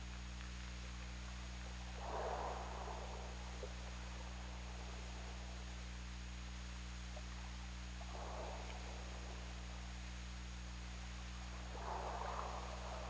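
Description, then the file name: Killer whale calls underwater, three short buzzy bursts spaced several seconds apart, heard against a constant low droning hum and background hiss. Killer whale recorded underwater by hydrophone on 17 February 2018 at 22:46:26. "Orca Lab"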